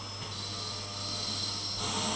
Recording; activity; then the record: daily activity, microphone in the room; vacuum cleaning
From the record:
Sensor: 4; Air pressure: 991.8 hPa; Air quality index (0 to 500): 113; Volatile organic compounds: 20 ppm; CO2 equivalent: 2690 ppm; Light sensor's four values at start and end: 19/62/23/23 and 19/62/23/23